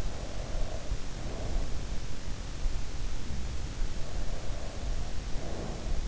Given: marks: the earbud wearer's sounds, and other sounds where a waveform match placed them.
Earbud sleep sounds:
sounds in sleep by an in-ear microphone; breath
0.01-2.05 s: breath
4.03-6.08 s: breath

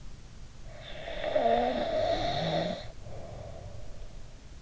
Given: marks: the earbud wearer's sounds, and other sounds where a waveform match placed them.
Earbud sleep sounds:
sounds in sleep by an in-ear microphone; snoring breath
0.70-4.20 s: snoring breath

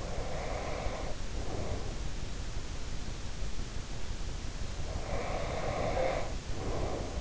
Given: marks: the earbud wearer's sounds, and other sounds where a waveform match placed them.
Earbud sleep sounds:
sounds in sleep by an in-ear microphone; breath
0.01-1.96 s: breath
4.78-7.21 s: breath

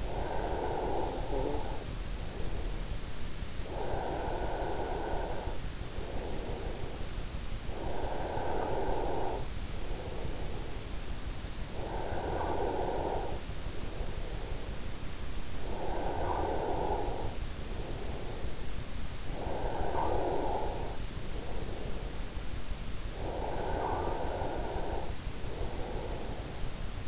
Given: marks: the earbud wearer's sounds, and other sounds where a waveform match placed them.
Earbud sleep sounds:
sounds in sleep by an in-ear microphone; breath
0.22-11.22 s: breath
11.64-15.01 s: breath
15.41-22.44 s: breath
23.22-26.50 s: breath

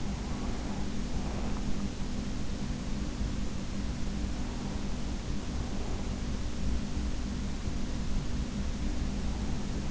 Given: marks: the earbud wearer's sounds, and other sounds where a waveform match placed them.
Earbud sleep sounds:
sounds in sleep by an in-ear microphone; breath
0.00-2.00 s: breath

